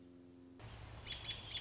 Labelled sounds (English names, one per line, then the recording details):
American Robin
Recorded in Sonoma County, California